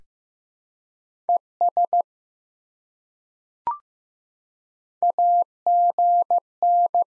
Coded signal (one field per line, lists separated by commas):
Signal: Morse code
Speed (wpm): 15 wpm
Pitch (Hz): 700 Hz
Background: none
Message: ES AGN